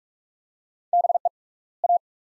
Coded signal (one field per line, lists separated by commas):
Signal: Morse code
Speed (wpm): 47 wpm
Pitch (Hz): 700 Hz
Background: none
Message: BE A